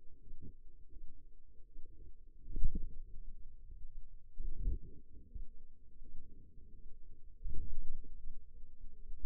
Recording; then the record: forearm muscle sounds (acoustic myography)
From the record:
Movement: ulnar deviation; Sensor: system 2, bracelet of six BSWA MPA416 microphones around the upper forearm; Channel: 1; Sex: female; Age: 23 years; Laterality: right